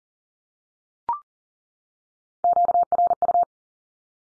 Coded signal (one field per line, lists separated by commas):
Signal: Morse code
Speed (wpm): 40 wpm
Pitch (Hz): 700 Hz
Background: none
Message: QRU